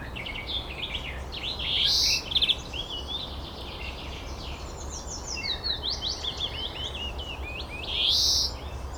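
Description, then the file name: European greenfinch uttering two long nasal wheezes, about six seconds apart, amid constant chirps and twitters. "Chloris chloris"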